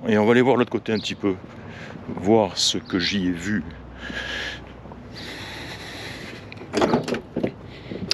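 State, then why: Seated. On a 1986 Chevrolet C10 pickup, a door on the truck is shut so its latch closes into the body striker. Someone talks over low background noise, a few sharp knocks and handling sounds come around 6.5 to 7.5 seconds, and a loud sharp hit at 8.1 seconds marks the latch catching. The door is seated and locked solidly.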